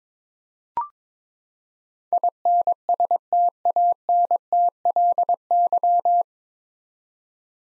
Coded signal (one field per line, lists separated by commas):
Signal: Morse code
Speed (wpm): 22 wpm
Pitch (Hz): 700 Hz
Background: none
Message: INSTANTLY